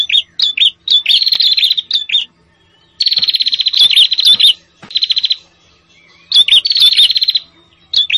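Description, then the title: Prinia calls: rapid trills in short bursts, mixed with short sharp chip notes, repeated with brief pauses. Noisy prenjak calls used as a lure for trapping prenjak, including red-headed prenjak and visiting prenjak. "Suara Prenjak Ribut"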